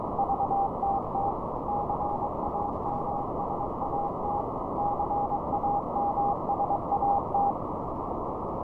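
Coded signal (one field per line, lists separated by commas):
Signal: Morse code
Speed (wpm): 23 wpm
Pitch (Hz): 780 Hz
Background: none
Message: VTT CAMSAT CAMSAT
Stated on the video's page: XW-2A satellite over Thailand on 145.66 MHz, received with an RTL-SDR and two 9-element antennas.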